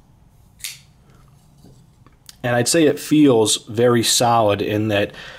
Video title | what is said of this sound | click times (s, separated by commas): Spyderco Southard-Hype was Right | the snap it makes it's really like you know snapping your fingers that sound | 0.7 s